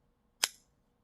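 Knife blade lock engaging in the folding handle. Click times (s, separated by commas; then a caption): 0.4 s. The blade of a WE SNECX Mini Buster folding pocket knife is flicked open, and the lock engages in the folding handle. A single sharp, bright click at 0.4 s rings briefly and fades within about a fifth of a second. The blade is locked up.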